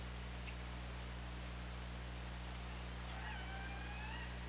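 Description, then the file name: Killer whale call: a drawn-out squeal rising slightly in the last second and a half, over a steady low hum and hiss. OrcaLab hydrophone, 24 August 2017. "Orca Lab UTLN JASON 20170824 203547"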